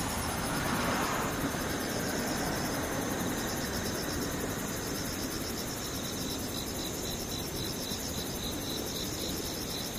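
Insects chirp throughout in rapid, even pulses, with a shrill high trill and a second, higher band above it. Beneath them runs a dense, steady low rumble like an engine, slightly louder and hissier during the first second.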